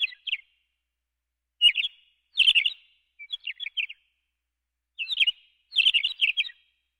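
McCown's longspur calling with short dry chattering bursts of rapid, slightly buzzy notes, the clusters coming at irregular intervals over quiet silence.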